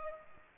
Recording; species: mosquito wingbeat signal from an infrared sensor; Culex pipiens